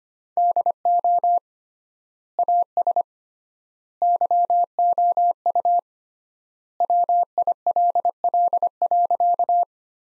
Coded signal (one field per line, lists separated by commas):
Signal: Morse code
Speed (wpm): 25 wpm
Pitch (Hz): 700 Hz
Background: none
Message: DO AS YOU WILL.